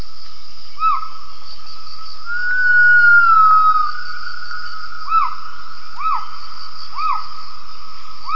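Gibbon calls as short arched whistled notes, one early and the rest roughly every second in the last few seconds, with one long level whistled note in between, over a constant high insect-like drone.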